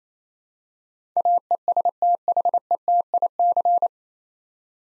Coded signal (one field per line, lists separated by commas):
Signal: Morse code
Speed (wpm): 29 wpm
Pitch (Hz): 700 Hz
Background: none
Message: AESTHETIC